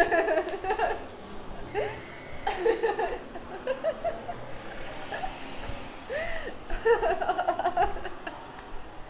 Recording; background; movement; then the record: laughter; traffic; walking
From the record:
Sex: female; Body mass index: 18.3 kg/m2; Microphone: on the chest, facing outward